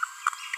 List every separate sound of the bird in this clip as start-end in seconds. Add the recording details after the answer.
0.27-0.29. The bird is a female. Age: 29 days. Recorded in a nest box in Venezuela. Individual 17B42A4